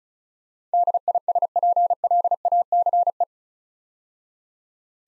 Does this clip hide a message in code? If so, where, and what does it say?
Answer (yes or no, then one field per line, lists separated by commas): yes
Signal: Morse code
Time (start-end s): 0.7-3.2 s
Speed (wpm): 36 wpm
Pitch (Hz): 700 Hz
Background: none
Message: DISPLACE